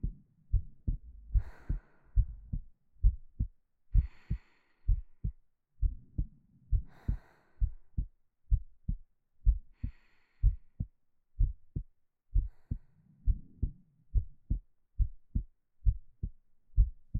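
A steady, normal heartbeat, heard close up, with deep low thumps at about 65 beats per minute.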